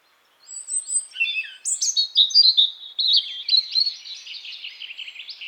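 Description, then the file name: European robin singing a varied high warble of thin whistles, slurred notes and quick trills. "Erithacus rubecula"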